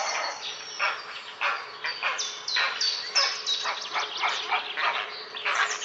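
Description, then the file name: Grey heron harsh calls, a rapid series of rasping squawks at an uneven pace against a low constant hum. "Czapla siwa"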